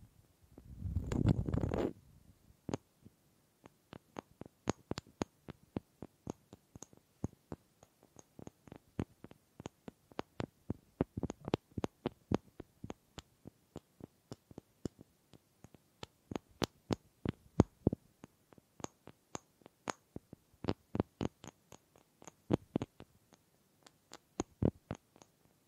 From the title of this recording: Wood Triggers